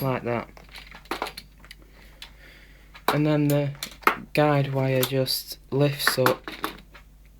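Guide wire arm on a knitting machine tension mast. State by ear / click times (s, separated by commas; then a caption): seated / 6.6 s. While someone talks during setup of an LK150 knitting machine, the guide wire arm on the tension mast is lifted upright. A short, sharp click at 6.6 s marks it seating into place in its upright position.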